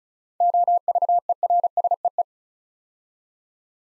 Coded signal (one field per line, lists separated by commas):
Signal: Morse code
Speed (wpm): 36 wpm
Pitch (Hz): 700 Hz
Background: none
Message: OVERSEE